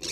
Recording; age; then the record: pig call; weaner (32 to 43 days)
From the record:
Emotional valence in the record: negative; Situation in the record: novel object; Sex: female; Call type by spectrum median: high-frequency call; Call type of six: high-frequency stable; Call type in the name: high-frequency stable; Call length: 0.12 s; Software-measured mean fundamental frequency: 290 Hz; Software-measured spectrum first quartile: 2245 Hz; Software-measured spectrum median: 4315 Hz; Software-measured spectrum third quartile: 5920 Hz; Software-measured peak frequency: 5415 Hz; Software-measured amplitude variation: 87 dB a second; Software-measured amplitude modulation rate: 12.3 a second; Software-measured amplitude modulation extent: 7.1 dB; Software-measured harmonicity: 1.9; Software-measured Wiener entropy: -1.85